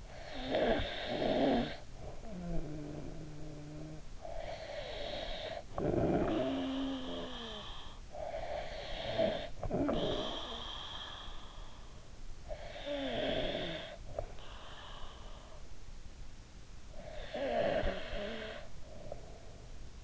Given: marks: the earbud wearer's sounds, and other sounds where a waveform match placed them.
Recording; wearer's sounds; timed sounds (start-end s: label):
sounds in sleep by an in-ear microphone; snoring breath
0.12-3.91 s: snoring breath
4.04-11.78 s: snoring breath
12.13-15.64 s: snoring breath
16.70-20.04 s: snoring breath